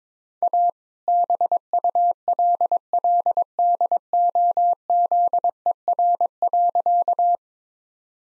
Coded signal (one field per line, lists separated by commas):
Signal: Morse code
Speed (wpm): 22 wpm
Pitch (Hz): 700 Hz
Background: none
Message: A BULLDOZER.